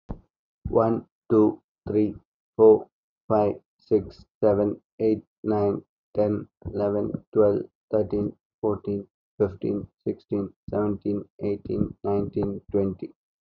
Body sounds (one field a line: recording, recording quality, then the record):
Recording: counting at a normal pace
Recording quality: excellent, no background noise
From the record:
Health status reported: healthy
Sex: male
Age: 33 years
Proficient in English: yes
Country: India